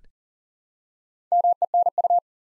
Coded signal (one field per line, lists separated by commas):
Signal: Morse code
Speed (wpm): 37 wpm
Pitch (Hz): 700 Hz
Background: none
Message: MENU